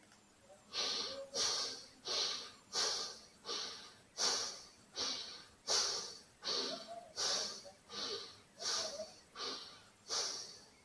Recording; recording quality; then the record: shallow breathing; excellent, no background noise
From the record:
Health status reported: recovered from COVID-19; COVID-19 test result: negative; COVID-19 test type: RT-PCR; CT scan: taken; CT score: 5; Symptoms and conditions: none ticked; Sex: male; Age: 49 years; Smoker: no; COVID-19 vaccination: both doses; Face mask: not worn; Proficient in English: yes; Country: India